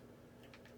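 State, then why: Not seated. A SOG Gov Tac knife blade is being worked into its kydex sheath, with faint scraping and a few light ticks over a steady low hum in the second half. Nothing has seated or clicked yet.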